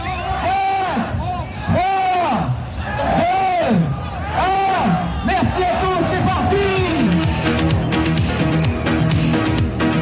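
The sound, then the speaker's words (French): A large crowd of thousands cheers and shouts at the start of the Dakar rally at Place de la Concorde in Paris, loud voices rising and falling in long calls over steady hubbub that continues throughout. “d'une année sur l'autre, le Dakar réunit la foule, place de la Concorde.”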